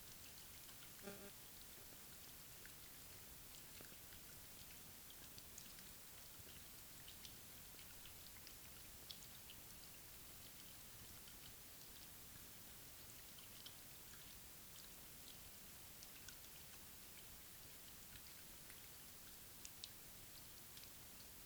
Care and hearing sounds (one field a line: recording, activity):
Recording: daily activity, guitar pickup as the sensor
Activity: wash hands